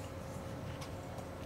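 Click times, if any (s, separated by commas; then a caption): none. An attachment is being fitted onto a ZPER cordless jet cleaner gun, with only a steady low background hum and a few faint, soft ticks of handling around 0.8 s and 1.2 s. Nothing has seated or clicked yet.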